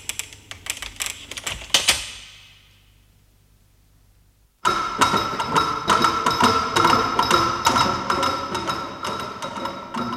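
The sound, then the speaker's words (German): A series of sharp mechanical clicks and clanks builds to a heavy thud as a door shuts, ringing out into silence before a dense, steady clattering starts up. “Die Tür schließt sich.”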